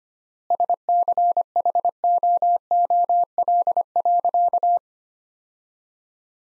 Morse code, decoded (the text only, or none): SCHOOL.